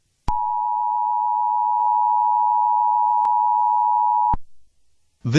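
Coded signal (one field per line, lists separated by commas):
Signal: Emergency Alert System (SAME) tones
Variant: 853 and 960 Hz attention tone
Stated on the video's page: Fictional EAS scenario using valid EAS tones.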